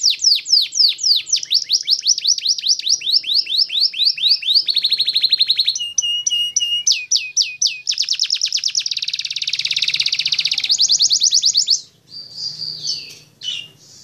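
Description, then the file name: Canary in sustained song: quick downslurred note series, short buzzy trills, a long rolling trill and a faster pulsed passage, ending with quieter whistled phrases. Lure song used to stimulate young canaries or canaries that have stopped singing to sing. "Suara Pancingan Kenari PAUD atau Muda yang Macet Bunyi"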